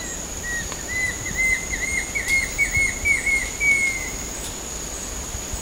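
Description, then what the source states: Banded kingfisher call, a long series of whistled notes, each a short dip, steadily rising in pitch over about four seconds, over a constant high insect hum. Recorded at Sepilok on 6 August 2009.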